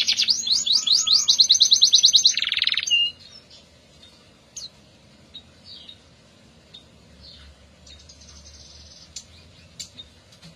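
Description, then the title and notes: Atlantic canary song opening with a loud rapid rolling trill, broken by a rough buzzy burst, then only faint scattered chirps. F1 canary; therapy recording meant for a canary that has stopped singing. "TERAPI KENARI MACET. Kenari F1"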